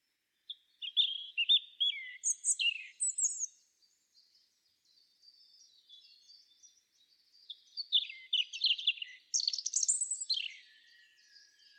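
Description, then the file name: European robin singing long, varied phrases of high whistles, slurred notes and quick tinkling trills, separated by a quieter stretch in the middle. "Erithacus rubecula"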